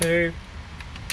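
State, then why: Seated. Someone talks while pressing down the plastic push-pin locking clips of a CPU cooler fan into the motherboard mounting holes. A few faint clicks follow, then the fourth push pin snaps home with a sharp click at 1.1 s, locking the cooler in place.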